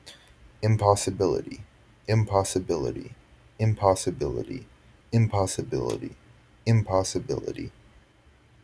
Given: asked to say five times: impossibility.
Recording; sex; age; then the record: repeated word; male; 20 to 29 years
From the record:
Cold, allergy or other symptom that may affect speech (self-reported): no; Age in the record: 22 years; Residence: Virginia, United States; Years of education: 16